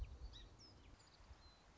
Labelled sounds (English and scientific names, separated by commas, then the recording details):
Song Sparrow (Melospiza melodia)
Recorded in Sonoma County, California